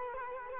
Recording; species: mosquito wingbeat signal from an infrared sensor; Culex quinquefasciatus